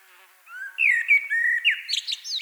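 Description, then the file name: Common blackbird song phrase, rich whistled notes gliding and wavering at mid pitch, closed by a few sharp high squeaks. "Turdus merula"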